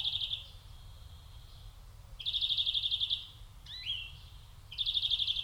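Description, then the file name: European greenfinch delivering fast, even trills that pause and resume, with one brief rising twang between them; steady low-frequency noise in the background. "Chloris chloris"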